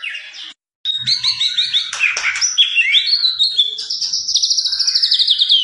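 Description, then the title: White-rumped shama song, rapid repeated whistles mixed with buzzy notes, ending in a long fast trill of high notes that slowly falls in pitch. White-rumped shama described as gacor, a bird in full, continuous song; meant to make birds respond. "PANCINGAN MURAI BATU GACOR, LANGSUNG RESPON"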